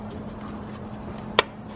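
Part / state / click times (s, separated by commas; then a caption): ground cable connector onto engine terminal / seated / 1.4 s. On a BMW E60 550i, a ground cable connector is pushed onto its terminal on the engine after the ignition coils are refitted. Against a low steady background hum, a single short, sharp click sounds at 1.4 s, showing the connector is seated and secured.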